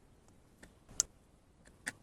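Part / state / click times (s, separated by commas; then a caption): crimped terminal pin in alternator wiring connector housing / released / 1.0 s. A terminal removal tool is pushed into the plastic 2-pin alternator wiring connector of a Skoda Fabia Mk1 (2000–07) 1.9 PD, a VAG part, to release its crimped metal terminal pins. Faint ticks are heard around 0.6 s and 1.9 s, with a sharp click at 1.0 s as a terminal pin latch releases.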